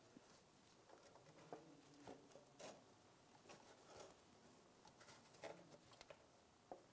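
The new front CV axle's inner splined shaft on a 2004–2009 Toyota Prius is guided by hand and lined up into the transaxle, giving soft scraping, patter and light metallic handling taps with small peaks near 1.5, 2.7, 5.5 and 6.7 seconds. The axle is confirmed lined up, but nothing has seated or clicked in yet before it is tapped home.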